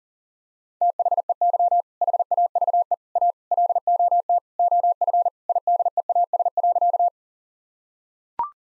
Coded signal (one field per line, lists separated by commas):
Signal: Morse code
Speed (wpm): 37 wpm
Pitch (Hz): 700 Hz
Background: none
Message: THEY HAVE A LOT OF IDEAS.